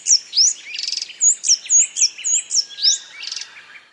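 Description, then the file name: Bird chirping rapidly: a lively string of varied high notes, some slurred, some buzzy, coming several times a second. "BIRD wbsw"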